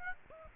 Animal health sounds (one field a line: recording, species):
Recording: mosquito wingbeat signal from an infrared sensor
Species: Aedes aegypti